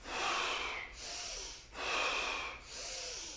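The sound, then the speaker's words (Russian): Slow, deep breathing during a guided breathing exercise, with no talking: two long, loud, airy inhalations, each followed by a softer, hissing exhale, in a steady rhythm. “Дышим, дышим. Начни вдох.”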